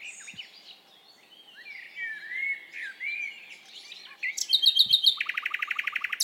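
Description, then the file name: Common nightingale song with soft varied warbles and slurred whistles, building into a loud, rapid rattle of evenly repeated notes. "Luscinia megarhynchos"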